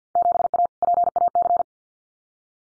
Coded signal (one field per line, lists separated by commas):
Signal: Morse code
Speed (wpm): 50 wpm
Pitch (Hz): 700 Hz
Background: none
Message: 7A PAC